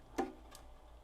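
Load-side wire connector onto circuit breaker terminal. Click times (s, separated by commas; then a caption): 0.2 s. A load-side wire's spade connector is pushed onto a terminal of a replacement circuit breaker, flipped over, for a Vevor XZ-12A meat grinder. A sharp snap at 0.2 s is followed by a fainter click at about 0.55 s against a low background. The connector snaps firmly into place on the terminal.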